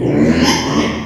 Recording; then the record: squeal of a Yucatan mini pig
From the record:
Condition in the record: before surgery on the right vocal fold (resection and tissue-engineered implant); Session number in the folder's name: 2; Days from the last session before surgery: 0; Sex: male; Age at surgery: 12 weeks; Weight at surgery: 13 kg